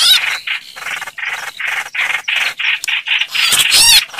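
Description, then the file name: Red-whiskered bulbul distress call: a string of buzzy, scratchy notes, ending with louder wavering squeals. Distress call, described as crying for help. "Tieng trao trao keu cuu"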